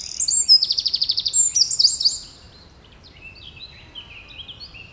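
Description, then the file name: Eurasian wren song: a fast, loud, high trill for about two seconds, followed by quieter scattered high notes. "Troglodytes troglodytes"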